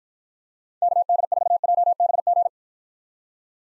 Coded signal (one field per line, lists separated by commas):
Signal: Morse code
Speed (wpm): 53 wpm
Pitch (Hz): 700 Hz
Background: none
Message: KD4JBG